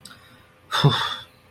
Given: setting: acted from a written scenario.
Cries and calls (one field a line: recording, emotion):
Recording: vocal sound without words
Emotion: disappointment